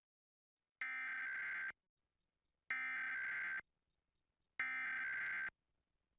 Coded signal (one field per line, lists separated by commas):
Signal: Emergency Alert System (SAME) tones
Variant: header bursts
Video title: KCNC Emergency Alert System - 2016 National Periodic Test (September 28, 2016)